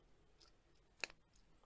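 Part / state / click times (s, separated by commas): watch crown in mechanical watch movement / released / 1.0 s, 1.1 s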